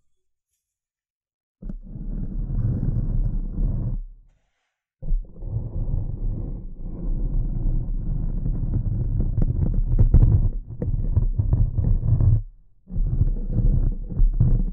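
Dense, low scratching and tapping starts after a short silence, runs in long rough stretches, and breaks off briefly around four and twelve seconds.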